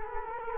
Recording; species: mosquito wingbeat signal from an infrared sensor; Culex quinquefasciatus